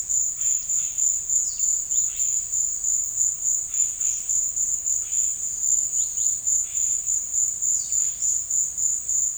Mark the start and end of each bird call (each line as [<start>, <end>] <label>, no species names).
[0.24, 2.31] bird call
[3.55, 4.39] bird call
[4.94, 5.55] bird call
[5.92, 6.38] bird call
[6.65, 7.05] bird call
[7.78, 8.32] bird call